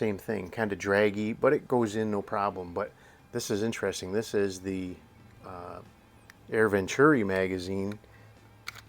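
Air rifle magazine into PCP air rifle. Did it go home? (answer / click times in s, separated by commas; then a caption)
yes / 8.7 s. An Air Venturi magazine is slid into a PCP air rifle's magazine well. Someone talks first, then the magazine slides in easily and locks in place with a sharp click at 8.7 s, followed by a couple of faint clicks.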